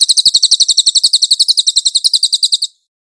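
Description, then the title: Cililin singing a brisk high-pitched trill of rapid clipped notes for nearly three seconds, then falling silent. Cililin song, used for training cage birds. "SUARA BURUNG CILILIN"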